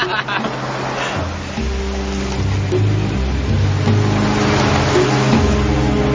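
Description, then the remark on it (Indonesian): A boat engine drones and revs at sea during a night boat ride, its low hum rising and falling in pitch in steady surges, over a constant wash of rushing water and wave noise. “Asik kan naik perahu malam-malam?”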